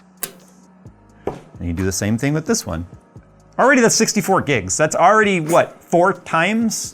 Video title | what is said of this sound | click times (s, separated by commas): I put 128GB of RAM in the Steam Machine... Here's what happened | seat it fully and then push down till it clicks. | 0.2 s